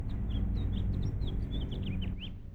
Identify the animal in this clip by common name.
House Finch